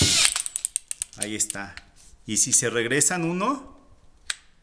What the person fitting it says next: escucha un click esto es lo que hace el seguro para que éste ya no se salga